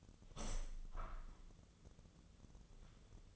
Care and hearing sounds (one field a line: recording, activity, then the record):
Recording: daily activity, microphone in the room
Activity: open window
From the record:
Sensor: 4